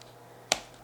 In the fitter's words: till we hear the clicks just like so and the case is now